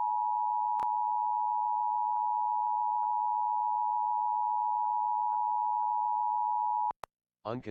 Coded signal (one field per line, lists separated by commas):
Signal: Emergency Alert System (SAME) tones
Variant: 853 and 960 Hz attention tone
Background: speech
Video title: Fire Warnings for Imperial, CA (EAS #1428-#1429)